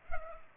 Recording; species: mosquito wingbeat signal from an infrared sensor; Culex pipiens